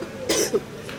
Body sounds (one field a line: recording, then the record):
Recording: coughing mixed with background sound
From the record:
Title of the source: 55 gaggy wet cough